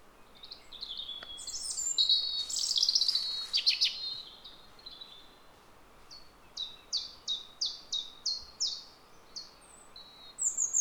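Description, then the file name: European robin song: a high, tumbling warbled phrase, then a quick series of sharp downslurred notes, ending with one more brief high phrase. "Erithacus rubecula"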